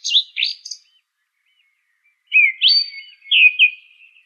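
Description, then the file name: Song thrush song: three quick sharp notes, a pause of well over a second, then a rising whistled phrase with warbled ending. "suara-kicauan-burung-song-thrush omkicau"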